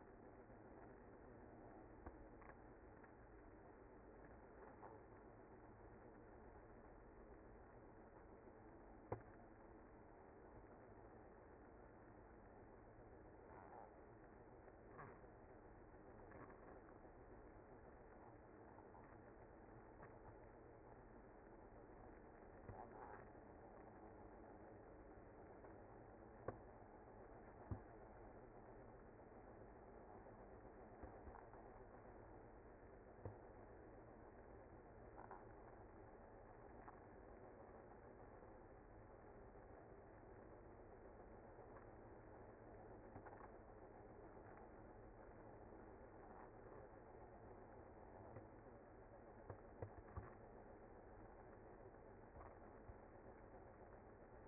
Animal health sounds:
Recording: honeybee colony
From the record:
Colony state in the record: active

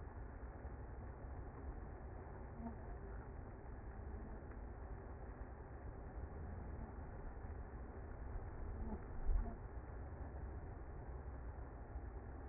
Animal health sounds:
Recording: honeybee colony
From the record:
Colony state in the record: active

